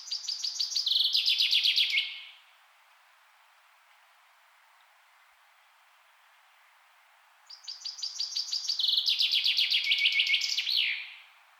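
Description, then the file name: Common chaffinch song delivered twice, each a quick run of high notes falling into a terminal flourish, separated by about five seconds of quiet. "Fringilla coelebs"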